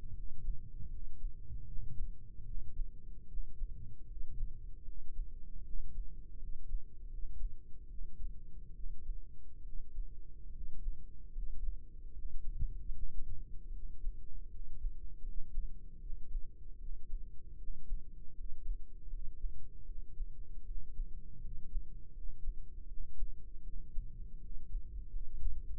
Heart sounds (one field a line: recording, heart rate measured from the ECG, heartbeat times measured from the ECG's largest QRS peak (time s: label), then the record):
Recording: heart sounds by microphone in the right ear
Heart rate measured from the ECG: 77 bpm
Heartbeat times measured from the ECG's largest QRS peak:
0.12 s: heartbeat
0.88 s: heartbeat
1.65 s: heartbeat
2.43 s: heartbeat
3.26 s: heartbeat
4.05 s: heartbeat
4.83 s: heartbeat
5.62 s: heartbeat
6.37 s: heartbeat
7.07 s: heartbeat
7.87 s: heartbeat
8.72 s: heartbeat
9.62 s: heartbeat
10.50 s: heartbeat
11.30 s: heartbeat
12.11 s: heartbeat
12.91 s: heartbeat
13.70 s: heartbeat
14.48 s: heartbeat
15.21 s: heartbeat
15.98 s: heartbeat
16.77 s: heartbeat
17.56 s: heartbeat
18.33 s: heartbeat
19.07 s: heartbeat
19.84 s: heartbeat
20.63 s: heartbeat
21.39 s: heartbeat
22.11 s: heartbeat
22.86 s: heartbeat
23.61 s: heartbeat
24.38 s: heartbeat
25.08 s: heartbeat
25.73 s: heartbeat
From the record:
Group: healthy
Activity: rest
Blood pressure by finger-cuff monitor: 108/63 mmHg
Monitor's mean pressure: 73 mmHg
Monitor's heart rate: 77 bpm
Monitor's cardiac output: 5.5 L/min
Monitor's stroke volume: 72 mL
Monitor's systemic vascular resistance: 950 dyn s/cm5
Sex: male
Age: 20 years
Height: 167 cm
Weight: 61 kg